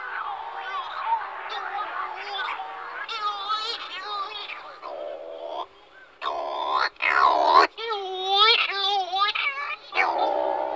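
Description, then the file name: Cory's shearwater calls, several overlapping wailing, quavering cries with rising and falling harmonics, broken by short pauses and bursts of louder harsh notes. "Burnak sedy Calonectris diomedea"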